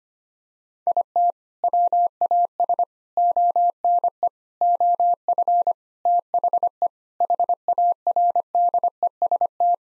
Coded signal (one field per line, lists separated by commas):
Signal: Morse code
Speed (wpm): 25 wpm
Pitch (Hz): 700 Hz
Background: none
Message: IT WAS ONE OF THE HARDEST